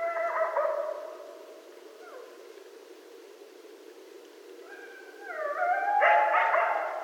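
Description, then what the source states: Coyote howls: wavering drawn-out tones at the start, a quiet stretch, then a louder burst of rising howls near the end. Coyotes at night on 12 November 2012.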